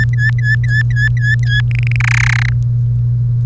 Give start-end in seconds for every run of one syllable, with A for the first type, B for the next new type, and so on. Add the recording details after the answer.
0.00-1.61 A, 1.71-1.96 B, 2.00-2.49 C. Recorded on 1 May 2018 at 07:06. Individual llb3